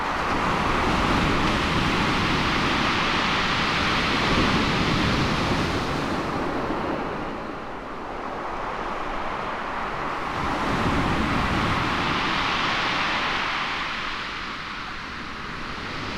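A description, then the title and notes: Heavy waves break on a stony beach close by, a dense, continuous roar with a deep rumble and a fizzing hiss on top. The sound swells and eases in slow sweeps, loudest early on, dipping around the middle, then building again, with steady onshore wind underneath. Chesil Beach. Hunkered down on a bed of golfball-sized smoothly rounded stones. Coat pulled up against the cuffing onshore breeze just a few yards from the fizzing shoreline. We heard its heavy waves. The way the stones are heaved back, in long, ground rumbling sweeps.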